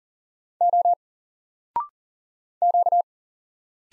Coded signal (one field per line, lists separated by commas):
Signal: Morse code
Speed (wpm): 40 wpm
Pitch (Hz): 700 Hz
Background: none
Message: O Q